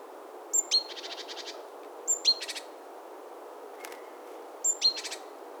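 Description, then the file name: Great tit call: two shrill high notes, then a buzzy stuttering rattle. Heard three times, with a faint click-like sound between phrases. "Parus major"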